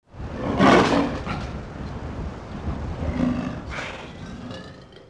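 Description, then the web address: Leopard rasping call: two harsh, breathy bursts, the first louder, with low rumbling noise between them. "MS Animales"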